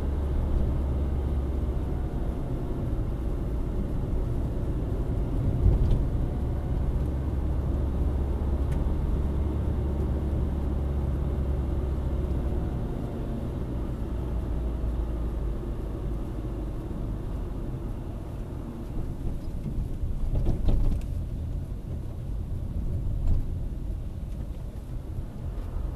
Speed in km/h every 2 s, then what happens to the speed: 51, 47, 50, 52, 54, 54, 48, 41, 34, 27, 24, 22, 21.
3-10 speeds up to 54. 10-26 slows to 21.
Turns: none.